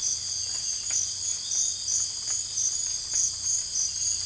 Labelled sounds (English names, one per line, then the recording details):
none
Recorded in dense forest near Puerto Asís, Putumayo, Colombia, on 20 December 2024 at 03:00
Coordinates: 0.484, -76.325
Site G056